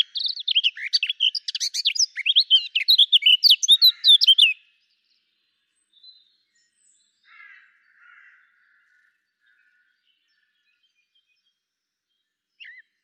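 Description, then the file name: Eurasian blackcap song: a fast, scratchy burst of varied chirping notes lasting about four and a half seconds, then a few faint, scattered notes after a pause. "Sylvia atricapilla"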